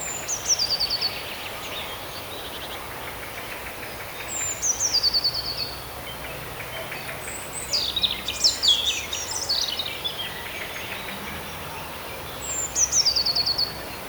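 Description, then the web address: Eurasian blue tit calls: thin, very high notes sliding downward into short trilled runs, given in bursts every few seconds, with softer twittering between. "modraszkoteka"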